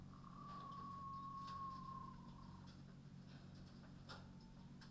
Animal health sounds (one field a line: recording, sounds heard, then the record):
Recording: poultry house recording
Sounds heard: healthy chickens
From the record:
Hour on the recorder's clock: 22